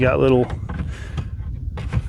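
Someone talks while handling a folding support bracket for the cargo-area sleeper platform in a 2024 Land Cruiser 250, with short knocks around 1.2 s and 1.8 s. The bracket has not locked into place yet, and nothing has seated.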